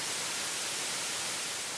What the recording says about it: You have what we call a white noise style of tinnitus. Your tinnitus is at 8 kilohertz, which is quite a high frequency.